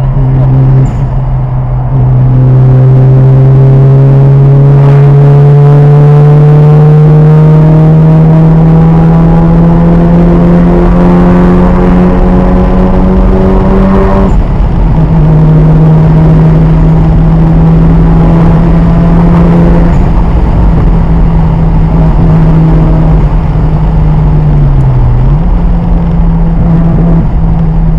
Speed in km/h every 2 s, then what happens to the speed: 113, 124, 134, 145, 156, 163, 174, 179, 188, 193, 182, 174, 155, 147.
0-17 speeds up to 193. 17-28 brakes to 147.